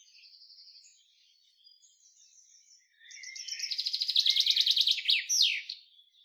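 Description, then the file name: Common chaffinch song: after faint high twittering, a loud rattling trill of quick repeated notes descends steadily and closes with a sharp flourish near the end. "Fringilla coelebs"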